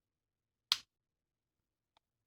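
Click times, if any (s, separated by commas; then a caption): 0.7 s. The hinged back door of an Olympus XA 35mm pocket film camera is closed over freshly loaded film and snaps into its body latch with one sharp click at 0.7 s. A much fainter tick follows at 2.0 s. The door is latched shut.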